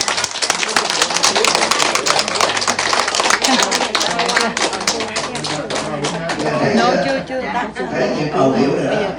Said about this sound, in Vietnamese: Rồi chúng ta vỗ tay cảm ơn.